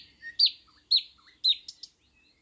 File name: thrush nightingale - luscinia luscinia